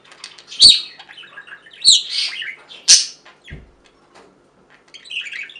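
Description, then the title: Budgerigar chattering with sharp high chirps and squawks, three loud bursts spaced about a second apart, between softer warbling twitters and a quiet pause. "Budgie Sounds"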